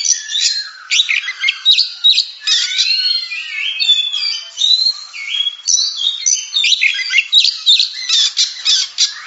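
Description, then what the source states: Oriental magpie-robin singing a dense, varied medley of harsh chattering notes, whistled slurs and rapid chirps, nearly continuous throughout. Champion singing bird.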